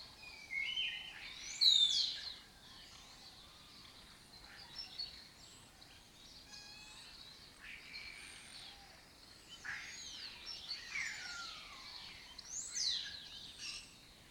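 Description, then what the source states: Lesser kestrels with loud strident squeals near the start, then quieter intermittent chatter before another burst of harsh calls. Migratory colony occupying an abandoned building complex in Doñana, southern Europe, its breeding area; the species forages in West Africa.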